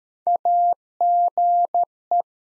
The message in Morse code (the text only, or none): AGE